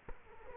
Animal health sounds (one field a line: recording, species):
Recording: mosquito wingbeat signal from an infrared sensor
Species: Culex quinquefasciatus